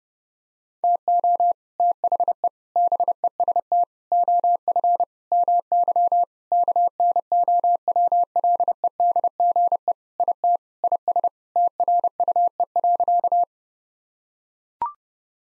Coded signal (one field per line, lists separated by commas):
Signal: Morse code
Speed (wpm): 32 wpm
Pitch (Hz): 700 Hz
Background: none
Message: TO THE BEST OF MY KNOWLEDGE IT IS TRUE.